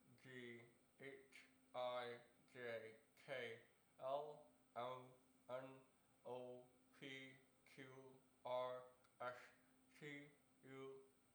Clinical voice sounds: letters of the alphabet, spoken; constrained by a bite bar between the teeth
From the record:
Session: first day, right after the free take

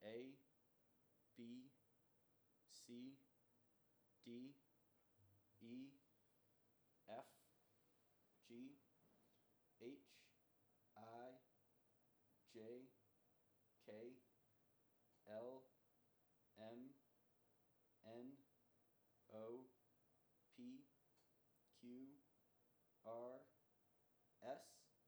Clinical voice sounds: letters of the alphabet, spoken; free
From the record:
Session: first day, before the bite bar

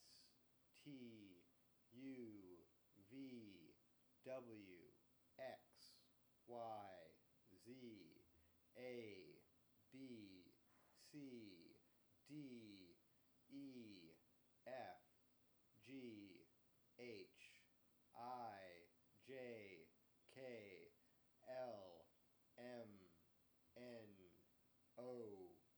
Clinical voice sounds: letters of the alphabet, spoken; free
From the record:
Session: first day, before the bite bar

